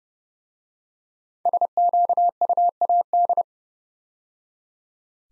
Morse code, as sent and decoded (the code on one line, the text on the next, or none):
... --.- ..- .- -..
SQUAD